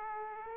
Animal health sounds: mosquito wingbeat signal from an infrared sensor; Aedes aegypti

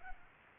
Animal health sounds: mosquito wingbeat signal from an infrared sensor; Culex pipiens

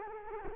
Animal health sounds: mosquito wingbeat signal from an infrared sensor; Culex quinquefasciatus

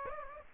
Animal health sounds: mosquito wingbeat signal from an infrared sensor; Aedes aegypti

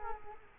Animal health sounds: mosquito wingbeat signal from an infrared sensor; Culex quinquefasciatus

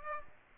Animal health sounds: mosquito wingbeat signal from an infrared sensor; Aedes aegypti

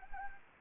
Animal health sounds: mosquito wingbeat signal from an infrared sensor; Anopheles gambiae

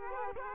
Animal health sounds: mosquito wingbeat signal from an infrared sensor; Culex quinquefasciatus

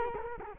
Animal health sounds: mosquito wingbeat signal from an infrared sensor; Culex quinquefasciatus

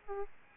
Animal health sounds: mosquito wingbeat signal from an infrared sensor; Aedes albopictus

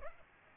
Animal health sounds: mosquito wingbeat signal from an infrared sensor; Aedes aegypti

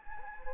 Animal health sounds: mosquito wingbeat signal from an infrared sensor; Anopheles gambiae

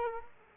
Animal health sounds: mosquito wingbeat signal from an infrared sensor; Aedes aegypti

